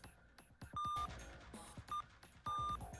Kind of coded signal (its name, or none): none